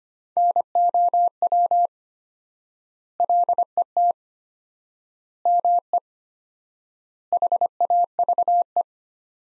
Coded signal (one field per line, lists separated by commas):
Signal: Morse code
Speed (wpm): 25 wpm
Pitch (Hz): 700 Hz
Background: none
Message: NOW LET ME HAVE